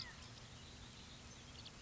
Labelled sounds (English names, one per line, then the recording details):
California Quail
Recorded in Sonoma County, California